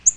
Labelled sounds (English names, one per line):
Yellow-rumped Warbler flight call